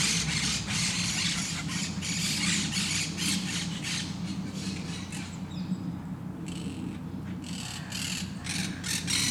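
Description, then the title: Parakeets keep up a busy run of grating, high-pitched screeches with a brief lull midway, over a low steady rumble. Parc de Forest, Saint-Gilles, Belgium; recorded with Sony PCM-D100 internal microphones in wide position. "Parc de Forest, 1060 Saint-Gilles, Belgique - Parakeets - Perruches"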